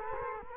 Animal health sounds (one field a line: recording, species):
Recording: mosquito wingbeat signal from an infrared sensor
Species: Culex quinquefasciatus